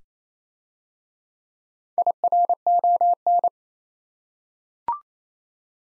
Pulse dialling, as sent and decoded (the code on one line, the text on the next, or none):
none